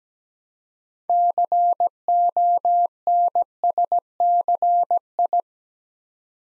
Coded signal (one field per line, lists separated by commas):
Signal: Morse code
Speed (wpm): 17 wpm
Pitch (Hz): 700 Hz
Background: none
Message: CONSCI